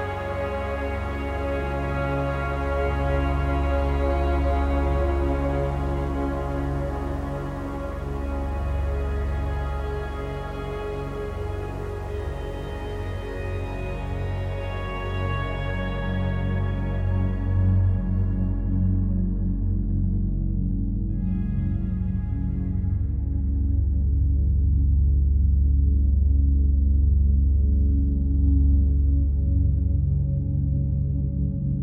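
A soft upright piano plays slow, sustained notes, the tones ringing and blending into a warm low hum. The bright upper overtones fade away after about fifteen seconds, leaving a mellower sound, while the level swells slightly near the end.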